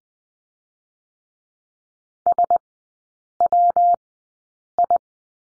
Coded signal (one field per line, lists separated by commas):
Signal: Morse code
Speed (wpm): 20 wpm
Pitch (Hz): 700 Hz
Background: none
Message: SWI